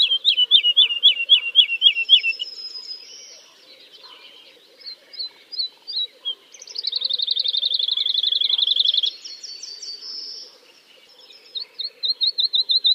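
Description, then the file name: Woodlark singing repeated falling liquid notes, a pause with scattered notes, then a long rapid trill and a final fast series of descending notes. "kicau master woodlark omkicau"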